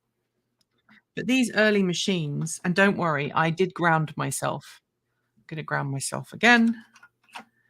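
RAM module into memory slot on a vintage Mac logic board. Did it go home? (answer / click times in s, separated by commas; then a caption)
yes / 7.4 s. A RAM memory module is pressed into its memory slot on a vintage Mac logic board while someone talks, and grounding against static is mentioned. After the talking stops, a few faint taps follow, and the module clicks into place at 7.4 seconds, secured in its slot.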